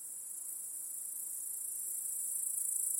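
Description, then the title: Crickets, a steady high-pitched shimmering trill held throughout and slowly growing louder toward the end, with no other clear sounds. Crickets chorusing in a home backyard at night. "Crickets in Your Backyard 🏡"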